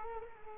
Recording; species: mosquito wingbeat signal from an infrared sensor; Culex quinquefasciatus